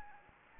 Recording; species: mosquito wingbeat signal from an infrared sensor; Anopheles arabiensis